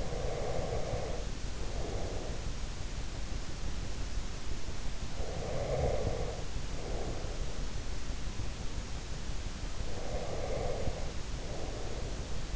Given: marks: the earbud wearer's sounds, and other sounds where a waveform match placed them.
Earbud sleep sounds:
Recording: sounds in sleep by an in-ear microphone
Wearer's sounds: breath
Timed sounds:
0.00-2.34 s: breath
5.03-7.80 s: breath
9.62-12.56 s: breath

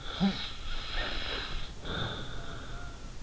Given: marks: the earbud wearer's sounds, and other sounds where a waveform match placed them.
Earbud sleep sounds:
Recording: sounds in sleep by an in-ear microphone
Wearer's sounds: snoring breath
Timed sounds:
0.01-3.08 s: snoring breath

